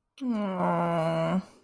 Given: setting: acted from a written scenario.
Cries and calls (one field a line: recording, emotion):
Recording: vocal sound without words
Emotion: guilt